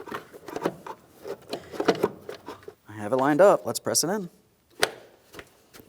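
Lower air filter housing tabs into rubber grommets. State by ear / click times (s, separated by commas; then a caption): seated / 4.8 s. A lower plastic air filter housing on a 2007–2014 Ford Edge 3.5L, its locating tabs lined up after lubricant is applied, is pressed straight down into rubber grommets while someone talks. Scattered light handling knocks come first, then a sharp click at 4.8 s as the tabs snap into the grommets and the housing seats, followed by a quick wiggle.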